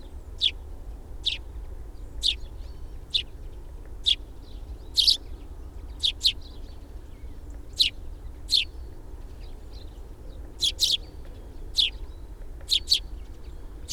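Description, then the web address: Sparrow chirps, crisp high notes in singles and pairs, repeating throughout with a low hum in the background. "fugl s-spurv"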